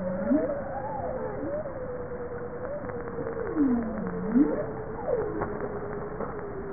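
Bowhead whale calls: a sustained wavering tonal moan running throughout, overlaid by several shorter low sweeping calls.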